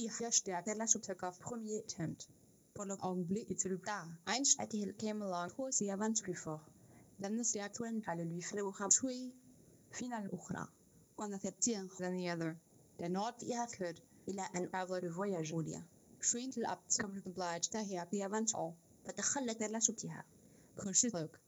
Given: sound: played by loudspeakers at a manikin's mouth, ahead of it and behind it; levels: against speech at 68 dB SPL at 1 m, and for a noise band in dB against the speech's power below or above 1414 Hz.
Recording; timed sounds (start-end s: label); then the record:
test signals for a remote microphone
0.00-21.48 s: speech test signal (ISTS)
From the record:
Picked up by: remote microphone A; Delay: 47 ms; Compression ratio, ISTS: 4.90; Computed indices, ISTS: SII 0.993, HASPI 0.999, HASQI 0.497 (non-linear 0.574, linear 0.866), ESTOI 0.858